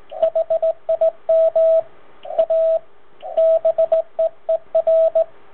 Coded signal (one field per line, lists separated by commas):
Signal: Morse code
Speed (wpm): 19 wpm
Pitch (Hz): 650 Hz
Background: radio noise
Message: HIM A BEER